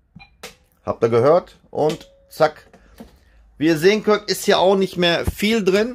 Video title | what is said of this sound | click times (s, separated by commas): Plötzlich Druckerpapier leer, was nun? | tık sesi duyar sadece burada bu flap burada şimdi buraya duydun | 0.4 s